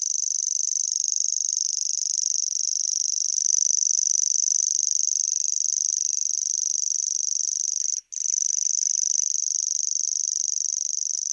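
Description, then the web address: Common grasshopper warbler reeling: a sustained high, dry, cricket-like trill running steadily, cut by one short gap near the end, followed by a few faint clicks. "Grashoppesanger"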